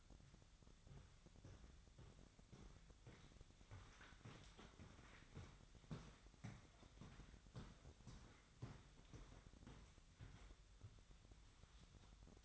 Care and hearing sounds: daily activity, microphone in the room; walk to room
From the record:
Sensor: 3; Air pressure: 999.4 hPa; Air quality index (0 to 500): 195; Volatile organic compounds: 43 ppm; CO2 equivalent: 3191 ppm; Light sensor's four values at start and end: 9/20/8/8 and 8/19/8/8

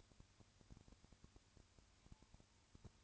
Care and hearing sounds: daily activity, microphone in the room; no activity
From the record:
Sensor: 2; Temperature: 20.3 degrees Celsius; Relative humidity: 35.6%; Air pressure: 1000.9 hPa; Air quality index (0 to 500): 196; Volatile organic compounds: 5 ppm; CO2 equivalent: 1725 ppm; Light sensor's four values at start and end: 2/3/2/2 and 2/3/2/2

